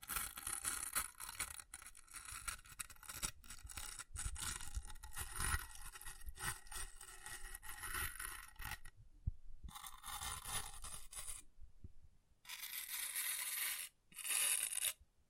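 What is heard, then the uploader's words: An object scratching and scraping across a surface, a rough, bright rasping that runs almost continuously for the first nine seconds with small clicks and jolts. After that it breaks into separate bursts around ten, thirteen and fifteen seconds, with silent gaps between. ASMR Brain Melting Object Scratching (No Talking).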